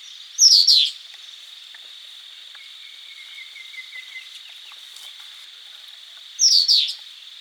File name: burmese yuhina